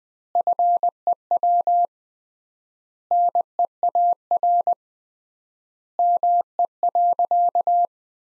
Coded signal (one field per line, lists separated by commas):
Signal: Morse code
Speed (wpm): 20 wpm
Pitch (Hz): 700 Hz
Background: none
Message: FEW NEAR ME.